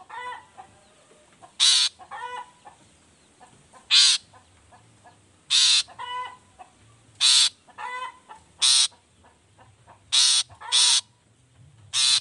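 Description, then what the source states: Long-tailed shrike harsh calls: loud grating rasps repeated every second or two, with softer chattering notes between them. Morning singing; features 'toet toet' notes and voice variations, meant to stimulate emotion so that reluctant shrikes start singing along.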